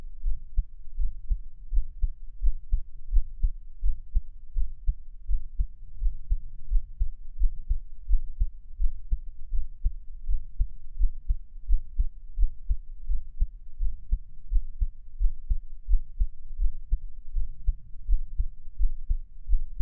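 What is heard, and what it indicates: Soft, low, muffled thumps repeat steadily throughout at about 85 beats per minute, with no talking and little else in the background. It is a normal adult heartbeat heard close up, offered as ASMR listening.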